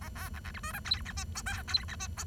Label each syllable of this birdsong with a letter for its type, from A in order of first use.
A B C C D E F G H I J K G H I J